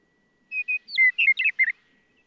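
Western meadowlark song: two short whistles, then a longer flowing run of mellow, gurgled notes, all in just over a second.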